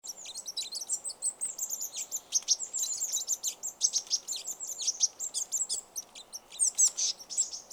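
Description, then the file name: Eurasian blue tit calling: rapid, high-pitched twittering chirps fill almost the whole stretch over a soft background hiss. "Cyanistes caeruleus"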